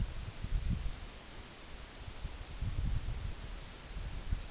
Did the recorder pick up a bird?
no